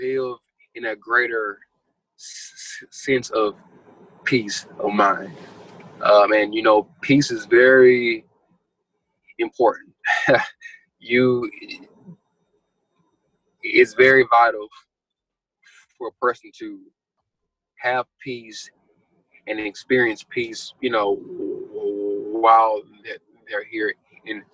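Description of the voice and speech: Adult man who grew up stuttering, speaking with long mid-phrase pauses, stretched sounds and a repeated initial 'f', typical of stuttering.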